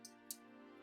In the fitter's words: and which snaps into place because there is a little guide